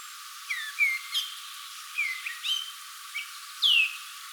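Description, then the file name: Eurasian blackcap giving scattered clear whistled notes, mostly downslurred, spaced irregularly over about four seconds. "Sylvia atricapilla"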